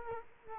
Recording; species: mosquito wingbeat signal from an infrared sensor; Culex quinquefasciatus